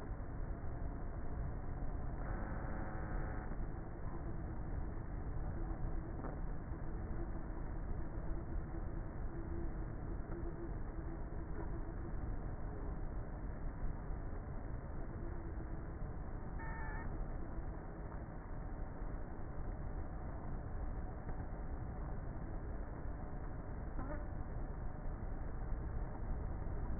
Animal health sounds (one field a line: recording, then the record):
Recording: honeybee colony, microphone inside the hive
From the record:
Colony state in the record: queenless with a low population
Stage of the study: before two queens were removed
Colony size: about 30,000 bees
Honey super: no